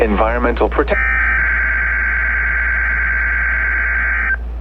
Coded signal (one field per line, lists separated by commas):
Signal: Emergency Alert System (SAME) tones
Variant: header bursts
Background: speech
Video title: OKX required weekly test (KWO35) EAS #982